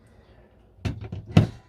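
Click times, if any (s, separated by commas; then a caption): 1.4 s. A kitchen drawer in a camper van is pushed shut so the push latch on its top engages. A thud sounds at about 0.9 s, followed by a couple of softer knocks, then a sharper, louder click at 1.4 s as the latch clicks into place and the drawer is held shut.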